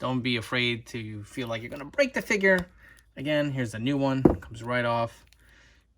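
Someone talks while handling a swapped plastic torso from a Jazwares AEW Unrivaled Series 4 action figure, removing it easily to fit onto an older figure body, with a brief handling knock near 4.3 s. The torso has not snapped or seated onto the body yet.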